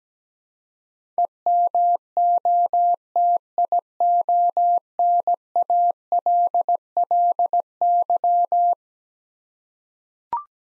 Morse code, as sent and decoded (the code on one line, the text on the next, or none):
. -- --- - .. --- -. .- .-.. .-.. -.--
EMOTIONALLY